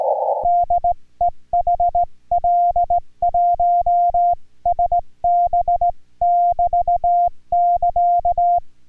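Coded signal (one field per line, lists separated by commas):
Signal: Morse code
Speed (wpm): 19 wpm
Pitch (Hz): 690 Hz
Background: music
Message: DE HL1SB <BT> <KA>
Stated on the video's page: Amateur radio contact in Korean Morse code.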